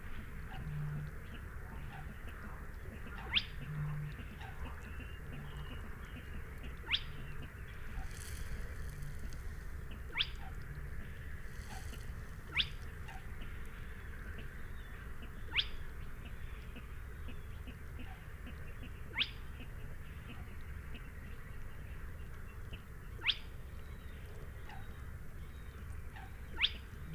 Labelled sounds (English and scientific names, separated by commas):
Spotted Crake (Porzana porzana) song